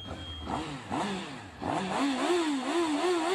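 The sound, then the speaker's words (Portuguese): A motorcycle engine revs in a few quick rising-and-falling bursts, then settles into a loud, wavering sustained drone with a rough, rattly edge as the exhaust pipe crackles. No one speaks. “Oi, eu passei com a minha moto, tava estralando. Ela perguntou pra mim por que tava zoando. Eu respondi pra ela, é o barulho do cano.”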